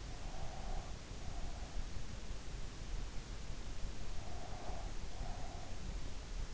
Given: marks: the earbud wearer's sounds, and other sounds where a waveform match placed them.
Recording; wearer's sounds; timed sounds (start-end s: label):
sounds in sleep by an in-ear microphone; breath
0.07-1.91 s: breath
4.21-5.78 s: breath